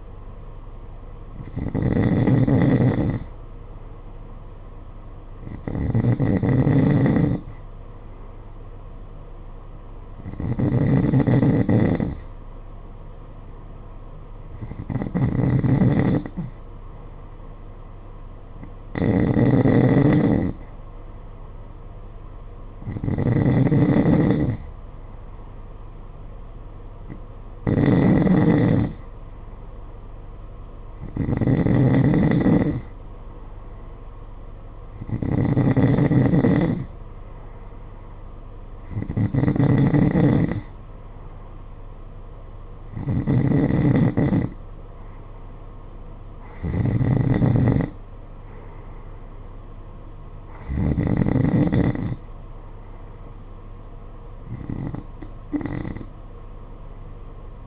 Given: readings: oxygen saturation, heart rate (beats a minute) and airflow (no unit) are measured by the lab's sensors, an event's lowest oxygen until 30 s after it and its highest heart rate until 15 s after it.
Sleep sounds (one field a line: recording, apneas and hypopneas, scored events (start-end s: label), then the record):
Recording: breathing in sleep by a smartphone at the bedside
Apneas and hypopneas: none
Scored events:
none scored
From the record:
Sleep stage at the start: N3 (deep sleep)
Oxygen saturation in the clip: 92 to 93%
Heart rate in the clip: 51 to 58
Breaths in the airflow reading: 14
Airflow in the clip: -7.3 to 6.1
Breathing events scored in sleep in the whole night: 476 in 9.7 hours asleep